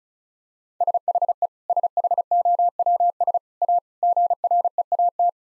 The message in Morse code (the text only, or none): SHE SHOWS A GREAT